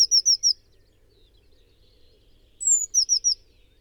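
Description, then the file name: Eurasian blue tit song: a run of four quick high falling notes, silence, then a long thin high note leading into another rapid series of three notes. "Cyanistes caeruleus"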